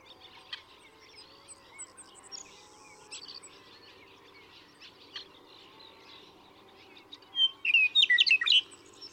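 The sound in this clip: Western meadowlark singing one rich phrase of bright whistles and warbled notes late, with a busy chorus of other chirping birds behind.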